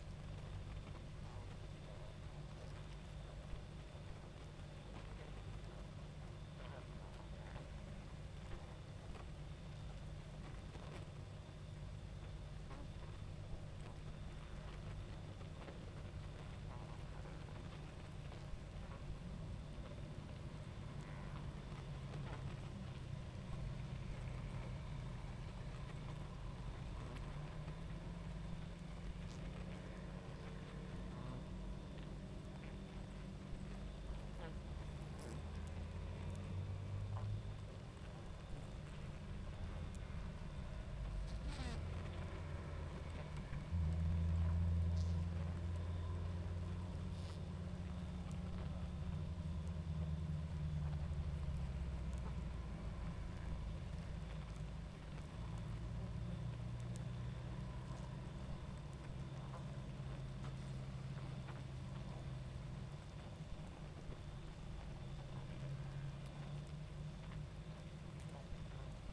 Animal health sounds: honeybee colony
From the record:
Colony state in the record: active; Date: 28 July 2017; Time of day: 22:07

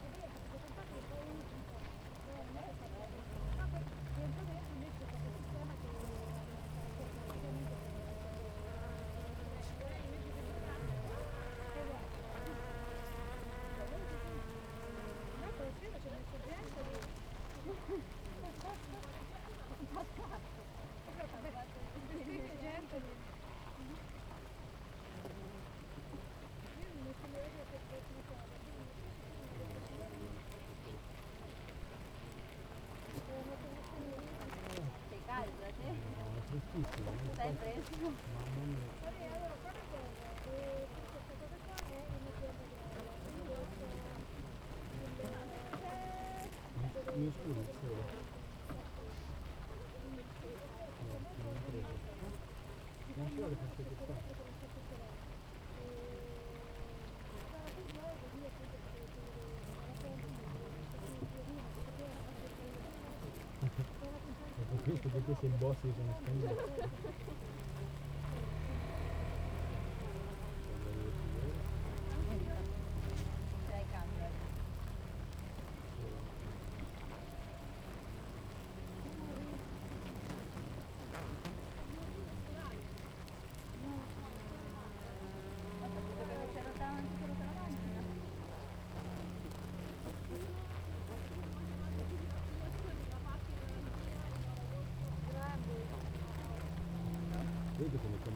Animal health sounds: honeybee colony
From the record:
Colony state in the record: active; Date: 28 July 2017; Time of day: 7:31

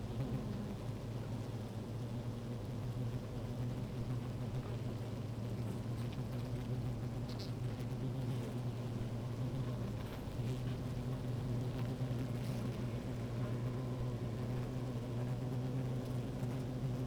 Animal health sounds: honeybee colony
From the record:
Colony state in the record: active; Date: 28 July 2017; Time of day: 16:09

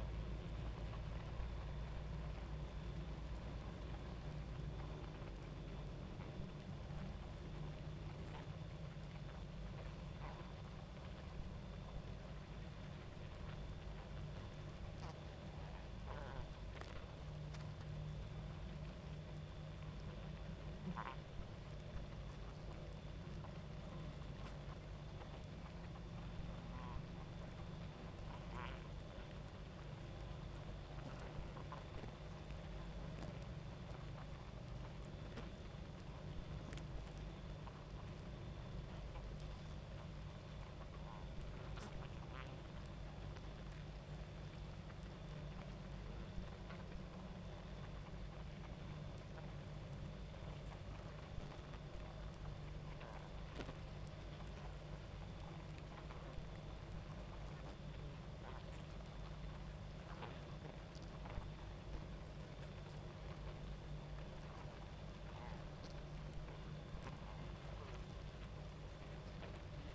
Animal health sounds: honeybee colony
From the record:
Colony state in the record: active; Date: 28 July 2017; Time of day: 23:44

